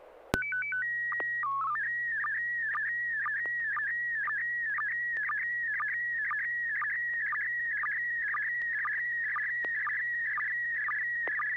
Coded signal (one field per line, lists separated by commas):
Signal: SSTV (slow-scan television)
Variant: PD 120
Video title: N6NA SSTV Net - 07/19/2023